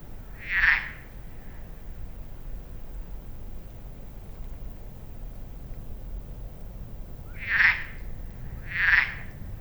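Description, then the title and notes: Frog croaks: one loud short croak, a long pause, then two more close together near the end, with a low rumbling background throughout. Frogs calling at Lac de Barterand, Magnieu, France, with an echo revealing the hills around the lake; recorded with Sennheiser MKH8040 (stereo ORTF) and Zoom F8, 2021-22. "Lac de Barterand - Magnieu, France - Échos batraciens. Toujours commune la grenouille. Mais pas si banale cette situation d'écoute ! Avec ce bel écho qui révèle les collines environant le lac. Marc Namblard. Stéphane Marin"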